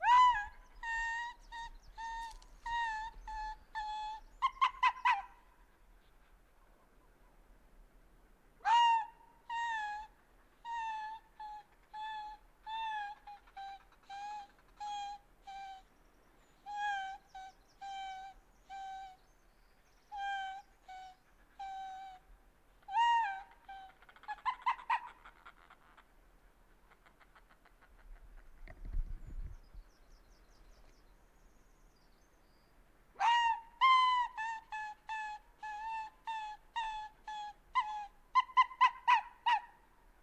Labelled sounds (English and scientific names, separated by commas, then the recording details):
Arctic Fox (Vulpes lagopus) call
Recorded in the wild
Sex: male
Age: adult
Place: Insel Mednyi, Kommandeur-Inseln, RU
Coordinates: 54.5167, 168.083
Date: 1999-07-16 11:48
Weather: Hochnebel, 7,3°C, am Strand klare Sicht, kein Wind
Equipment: Sony WM-D6C, Sennheiser ME 80, Schalter I, Windkorb, Kopie Tascam DA 30
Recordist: Frommolt, Karl-Heinz
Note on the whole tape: Nördlich Kap Dlinnyi, in der Nähe der Höhle: "wa"-Laute und rhythmische Folgen von Polarfuchsrüde rechts Rot/Rot 40 (hier noch nicht markiert). Tier folgt Beobachter. Entfernung 4 - 40 m